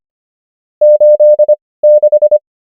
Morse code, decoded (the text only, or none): 86